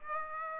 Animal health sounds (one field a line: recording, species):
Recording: mosquito wingbeat signal from an infrared sensor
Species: Aedes aegypti